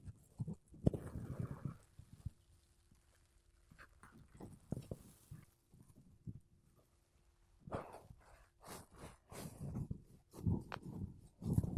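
Makeup brushes and a sponge rub and brush against a microphone in uneven bursts of soft scratching and low thumping. Strokes cluster near the start, around 5 seconds, and from 8 seconds on, separated by quiet gaps, with a faint steady low hum running through the middle.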